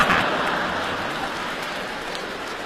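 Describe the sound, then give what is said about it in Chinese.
A crowd applauds crosstalk (xiangsheng) performers after they imitate singing, in a dense, steady wash of clapping that fills the whole stretch, loud at first and tapering only slightly, with no voices over it. “你看我们相声演员站这儿一学一唱 啊， 大家给鼓掌， 哎， 我们都明白， 没错， 这是鼓励我们。”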